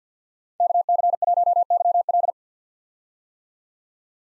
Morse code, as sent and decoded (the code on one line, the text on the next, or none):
-.- -.-. .---- -.-- .-..
KC1YL